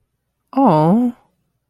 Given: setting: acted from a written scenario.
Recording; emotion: vocal sound without words; adoration